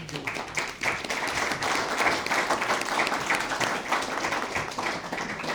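An audience at a book presentation applauds a musician about to perform, a dense wash of many hands clapping at once, sustained at an even loudness for several seconds with no voices standing out.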